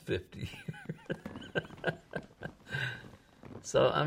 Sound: laughs